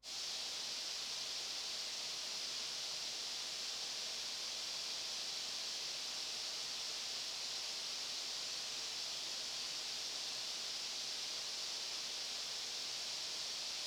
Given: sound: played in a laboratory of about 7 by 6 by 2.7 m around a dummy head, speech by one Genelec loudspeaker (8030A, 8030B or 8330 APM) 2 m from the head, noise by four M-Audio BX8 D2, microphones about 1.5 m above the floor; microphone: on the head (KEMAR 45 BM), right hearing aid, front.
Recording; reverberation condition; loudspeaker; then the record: white noise; high; four, about 170 cm from the corners of the room and facing them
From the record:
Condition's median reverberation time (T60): about 1300 ms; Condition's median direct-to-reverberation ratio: about -4.0 dB